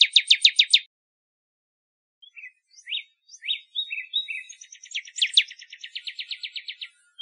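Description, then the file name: Northern cardinal song opens with a brief quick trill, then loose slurred whistles that run into a long, fast, even series of chipping downslurs. Recorded in Arizona. "NOCA 5 Deviche"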